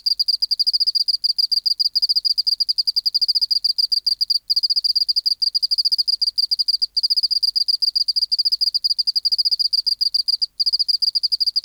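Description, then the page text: Oceanic field cricket singing in rapid pulsed chirps, grouped into long trills broken by a few short pauses, a clear high tone throughout. Recorded in an acoustic laboratory, 19 March 1984, 11:15, 24 °C, 30% humidity, still air, dim light. "Teleogryllus oceanicus. BioAcoustica"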